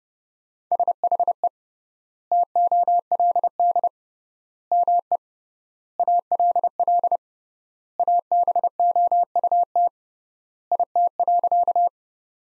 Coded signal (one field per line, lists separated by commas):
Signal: Morse code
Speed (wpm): 32 wpm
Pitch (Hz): 700 Hz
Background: none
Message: SHE TOLD ME ALL ABOUT IT.